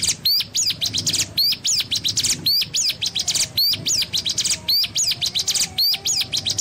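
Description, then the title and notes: Spiderhunter song: a rising chirp followed by a cluster of sharp, high twittering notes, the phrase repeating about every second, with a faint low hum underneath. Masteran recording for training cage birds; song described as gacor, clear and long. "Pijantung Gunung Gacor Jernih Panjang. Masteran burung"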